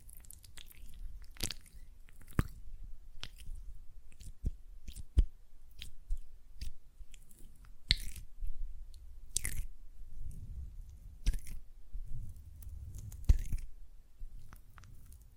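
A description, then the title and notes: Hands working gel lotion make sticky, squishing smacks and brief wet clicks throughout, over a soft low rumble that thickens after ten seconds. ASMR Gel Lotion Hand Sounds (No Talking).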